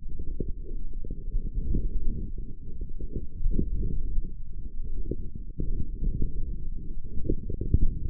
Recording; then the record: forearm muscle sounds (acoustic myography)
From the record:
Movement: forearm supination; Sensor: system 1, eight BSWA MPA416 microphones around the upper forearm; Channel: 5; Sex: male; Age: 18 years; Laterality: right